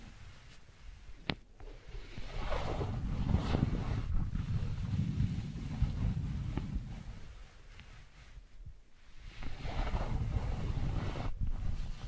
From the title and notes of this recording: ASMR Brain Tingly Wooden Ball Triggers (No Talking).